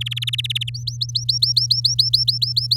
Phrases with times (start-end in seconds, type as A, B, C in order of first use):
0.01-0.70 A, 0.74-2.75 B